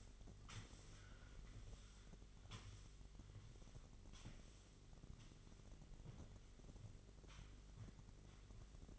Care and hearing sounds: daily activity, microphone in the room; sweep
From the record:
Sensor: 4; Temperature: 27.9 degrees Celsius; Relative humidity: 34.3%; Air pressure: 1002.4 hPa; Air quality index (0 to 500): 216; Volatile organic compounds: 12 ppm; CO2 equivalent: 2330 ppm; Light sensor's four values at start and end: 17/60/22/21 and 20/69/25/25

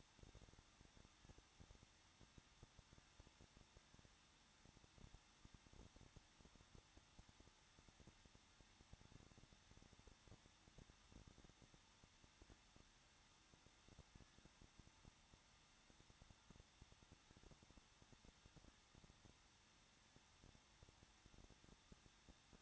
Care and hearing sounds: daily activity, microphone in the room; no activity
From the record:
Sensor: 3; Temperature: 21.2 degrees Celsius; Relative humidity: 36.3%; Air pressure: 1006.3 hPa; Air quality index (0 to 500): 222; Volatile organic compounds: 42 ppm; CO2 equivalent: 3175 ppm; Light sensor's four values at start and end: 2/3/2/2 and 2/3/2/2

